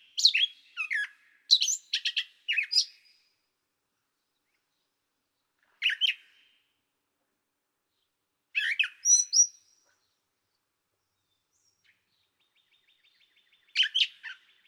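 Gray catbird song: irregular phrases of harsh chatters, squeaks and slurred whistles with long silent gaps between bursts.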